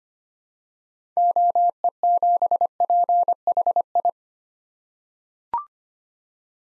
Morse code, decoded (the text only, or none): OE7PHI